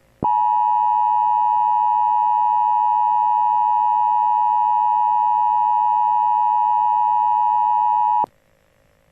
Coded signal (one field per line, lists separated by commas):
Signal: Emergency Alert System (SAME) tones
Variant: 853 and 960 Hz attention tone